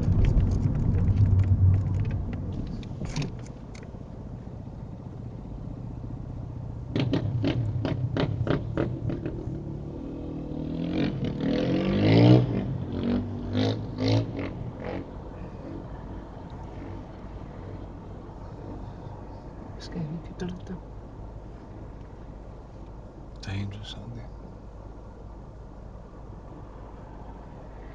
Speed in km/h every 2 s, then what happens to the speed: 3, 0, 0, 0, 0, 0, 0, 0, 0, 0, 0, 0, 0, 0.
1-28 standing.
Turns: none.